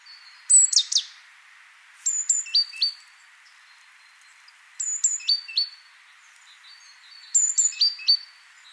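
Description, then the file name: Great tit song: four phrases of high piercing notes stepping down to lower ones, with quiet gaps between, over a steady background hiss. "Parus major"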